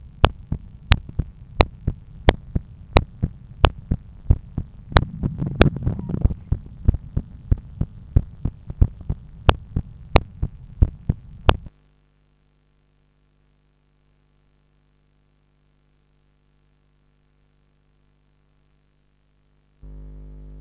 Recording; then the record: heart sounds by stethoscope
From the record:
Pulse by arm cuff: 90 bpm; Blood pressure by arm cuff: 126/79 mmHg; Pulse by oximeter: 88 bpm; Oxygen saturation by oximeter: 96%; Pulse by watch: 92 bpm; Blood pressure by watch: 128/82 mmHg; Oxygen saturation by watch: 97%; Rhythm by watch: sinus rhythm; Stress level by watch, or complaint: low stress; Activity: after 10 min smoking and coffee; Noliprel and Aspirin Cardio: after pills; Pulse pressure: 47 mmHg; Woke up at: 7:50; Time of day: 9:50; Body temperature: 36.6 C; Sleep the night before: 7 h 52 min, score 75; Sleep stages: REM 24%, light 55%, deep 12%, awake 9%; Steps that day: 9500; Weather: sunny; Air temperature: 18.5 C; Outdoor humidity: 80%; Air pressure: 1013 hPa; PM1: 4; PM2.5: 7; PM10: 9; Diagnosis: hypertension, treated with Noliprel and Aspirin Cardio 100 mg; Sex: male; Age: 53 years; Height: 174 cm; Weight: 81 kg